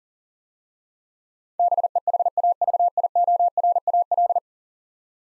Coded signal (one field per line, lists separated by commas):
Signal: Morse code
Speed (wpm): 40 wpm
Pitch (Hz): 700 Hz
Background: none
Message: BEHAVIORAL